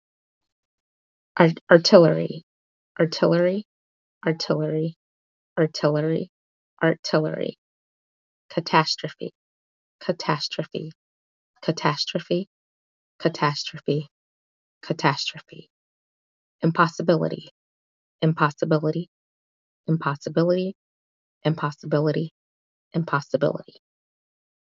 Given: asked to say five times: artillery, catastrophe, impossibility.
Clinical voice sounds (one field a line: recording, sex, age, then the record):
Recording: three words, each repeated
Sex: female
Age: 30 to 39 years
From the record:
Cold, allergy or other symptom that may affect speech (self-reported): no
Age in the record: 37 years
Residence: Indiana, United States